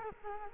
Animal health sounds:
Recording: mosquito wingbeat signal from an infrared sensor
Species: Culex quinquefasciatus

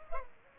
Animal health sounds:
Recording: mosquito wingbeat signal from an infrared sensor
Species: Culex pipiens

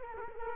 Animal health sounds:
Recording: mosquito wingbeat signal from an infrared sensor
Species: Culex quinquefasciatus

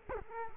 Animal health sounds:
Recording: mosquito wingbeat signal from an infrared sensor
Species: Culex quinquefasciatus

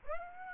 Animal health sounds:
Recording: mosquito wingbeat signal from an infrared sensor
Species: Aedes aegypti

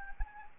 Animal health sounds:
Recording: mosquito wingbeat signal from an infrared sensor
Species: Anopheles arabiensis

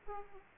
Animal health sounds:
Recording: mosquito wingbeat signal from an infrared sensor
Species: Aedes aegypti

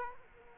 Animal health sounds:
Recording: mosquito wingbeat signal from an infrared sensor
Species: Culex quinquefasciatus

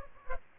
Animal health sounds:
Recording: mosquito wingbeat signal from an infrared sensor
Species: Aedes aegypti

